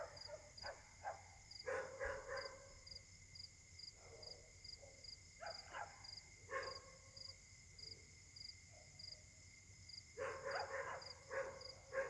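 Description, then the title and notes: Dogs barking in scattered bursts, several barks close together then pauses, with a steady pulsing high tone and a constant hum throughout. A chorus of dogs barking at night at Caltex, Trois-Mares, Réunion; recorded on a Samsung Galaxy S8 smartphone whose left microphone tends to be clogged. "Caltex, 3 mares, Réunion - h08. La nuit s'annonce difficile pour les habitants: concert de chiens"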